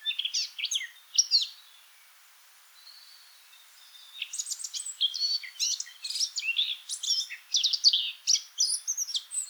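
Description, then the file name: Eurasian blackcap song: bursts of scratchy, chattering warbled notes, a quiet pause, then a long rapid run of varied high twittering and whistled phrases. "Sylvia atricapilla"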